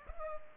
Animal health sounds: mosquito wingbeat signal from an infrared sensor; Culex pipiens

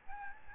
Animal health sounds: mosquito wingbeat signal from an infrared sensor; Aedes albopictus

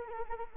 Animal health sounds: mosquito wingbeat signal from an infrared sensor; Anopheles arabiensis

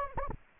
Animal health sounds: mosquito wingbeat signal from an infrared sensor; Anopheles arabiensis

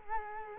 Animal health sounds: mosquito wingbeat signal from an infrared sensor; Culex quinquefasciatus

